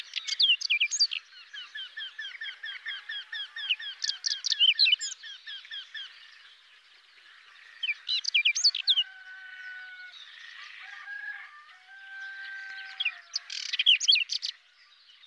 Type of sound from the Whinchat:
song